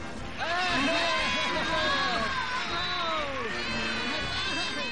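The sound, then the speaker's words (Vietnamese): A loud crowd cheers and shouts together from the Slytherin house table at the end-of-year feast as the House Cup standings are announced, many overlapping voices rising and falling in excited whoops for several seconds without a break. “Một cơn bão reo hò từ phía bàn của nhà Slytherin.”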